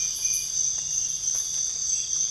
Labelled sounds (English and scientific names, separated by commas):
none